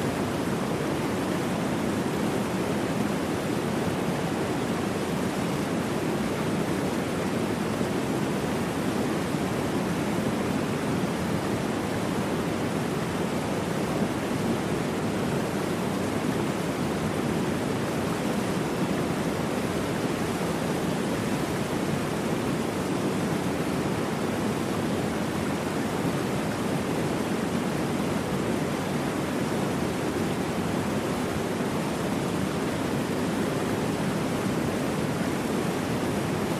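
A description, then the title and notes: A waterfall pours in a steady, dense rush that never changes over the full length. The roar is full and low-weighted, with a softer hiss spread above it, and no separate splashes or other sounds stand out. Waterfalls Sounds White Noise.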